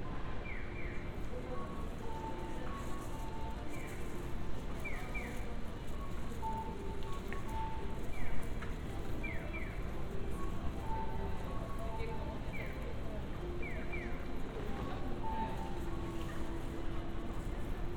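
Street sounds around Funabashi station in Chiba, Japan, with a steady, dense rumble of traffic and crowd murmur throughout. Short bright chirping tones repeat every second or two, likely a pedestrian crossing signal, with brief melodic notes and a slightly louder moment near eight seconds.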